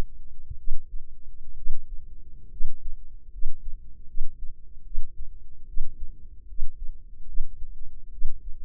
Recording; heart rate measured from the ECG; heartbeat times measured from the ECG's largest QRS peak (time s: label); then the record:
heart sounds by microphone in the left ear; 72 bpm
0.55 s: heartbeat
1.54 s: heartbeat
2.48 s: heartbeat
3.29 s: heartbeat
4.05 s: heartbeat
4.82 s: heartbeat
5.64 s: heartbeat
6.45 s: heartbeat
7.24 s: heartbeat
8.09 s: heartbeat
From the record:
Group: healthy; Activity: rest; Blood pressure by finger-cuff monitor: 104/67 mmHg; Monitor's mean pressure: 75 mmHg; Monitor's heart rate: 72 bpm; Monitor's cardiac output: 5.3 L/min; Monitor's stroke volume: 81 mL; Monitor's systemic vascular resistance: 1040 dyn s/cm5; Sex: female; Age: 23 years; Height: 160 cm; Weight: 50.4 kg